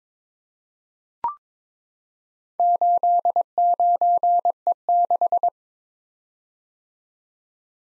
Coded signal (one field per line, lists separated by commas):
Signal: Morse code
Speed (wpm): 22 wpm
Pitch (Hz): 700 Hz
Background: none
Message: 89E6